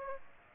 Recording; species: mosquito wingbeat signal from an infrared sensor; Aedes aegypti